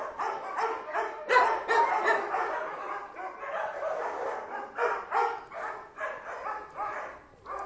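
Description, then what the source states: Dog barking nonstop in a rapid, harsh stream of overlapping barks with little pause between them. Ten dogs barking.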